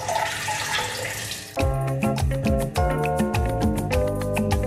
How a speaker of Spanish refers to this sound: ¿cuándo vas a arreglar el grifo? Ya lo arreglé. Pero se le volvió a salir la goma. Échale pega loca.